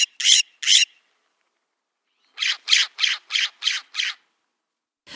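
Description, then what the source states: California scrub jay calls: two harsh grating squawks, a short pause, then a fast series of six rasping notes, with one more beginning at the end. Several of the species' many calls; lives in dry lowlands, especially oak woodlands, throughout western North America.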